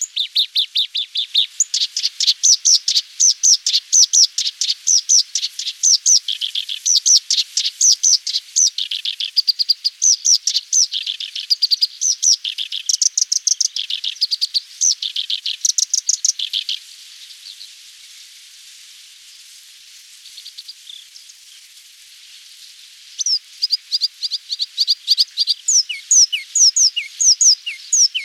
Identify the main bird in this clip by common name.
Black-browed Reed Warbler